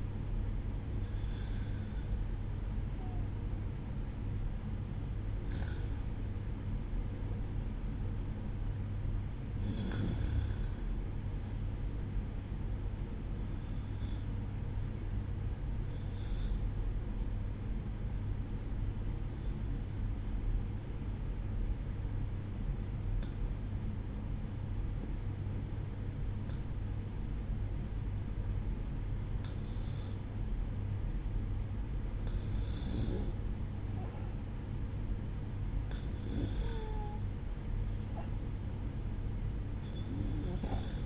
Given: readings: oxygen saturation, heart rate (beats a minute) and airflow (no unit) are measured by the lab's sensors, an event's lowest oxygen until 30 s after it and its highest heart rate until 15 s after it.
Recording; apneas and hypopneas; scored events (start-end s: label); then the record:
breathing in sleep by a smartphone at the bedside; 1
16.00-32.90 s: obstructive apnea (N1, oxygen 96% highest, then 94% lowest, heart rate 60 at the start, 63 highest)
From the record:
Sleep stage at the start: N1 (lightest sleep); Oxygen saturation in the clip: 95 to 96%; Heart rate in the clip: 58 to 67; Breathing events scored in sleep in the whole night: 305 in 9.6 hours asleep